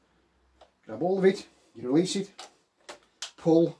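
Someone talks while releasing the folded steel leg assembly of a WW2 German MG34 machine-gun tripod mount and pulling it back up toward the use position, where it locks into its side catches. Short, sharp handling sounds come between the words, around 0.6 s and 3.2 s. The clip ends before the leg goes home, so nothing has seated or clicked yet.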